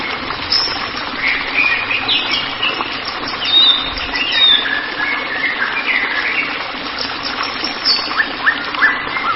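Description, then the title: White-rumped shama song, a varied run of whistled phrases and chirps, over a steady noisy hiss. "Kicau Murai Batu"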